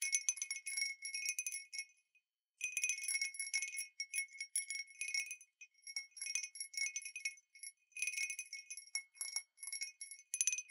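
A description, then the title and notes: A glass wind-bell cup is tapped and jingled in bright, high tinkling bursts with no low tones beneath. The ringing comes in dense clusters, breaking off to near silence around two seconds in, then returning in quick, uneven flurries with short pauses until the end. Wind Bell Cup | Glass Tapping | No Talking. 風鈴杯 | 玻璃杯.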